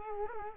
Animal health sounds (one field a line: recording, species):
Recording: mosquito wingbeat signal from an infrared sensor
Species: Culex quinquefasciatus